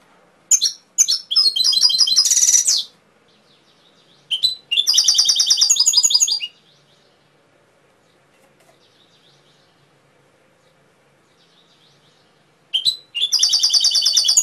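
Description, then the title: Canary song in three bouts of fast, high trills, including a harsh buzzy roll, with a long silent gap before the last. Canary training (masteran) song with full fill-in phrases (isian). "mster Mnuk. Masteran Kenari Full Isian"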